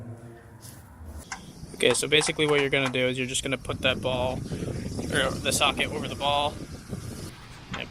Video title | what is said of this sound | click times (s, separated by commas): Tein Hood Damper Install | it on there so it locks in like so | 7.7 s, 7.8 s